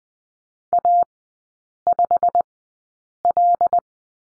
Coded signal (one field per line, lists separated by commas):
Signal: Morse code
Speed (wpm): 20 wpm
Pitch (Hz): 700 Hz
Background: none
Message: A5L